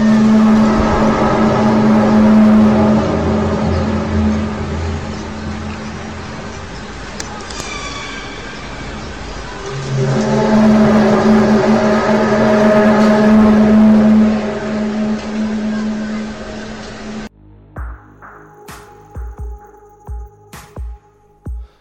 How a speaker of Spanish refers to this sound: Como podéis ver, se parece al sonido de unas trompetas en la lejanía o de algún tipo de motor, como algunos lo han calificado. El zumbido es un sonido misterioso que se escucha en varios lugares del mundo.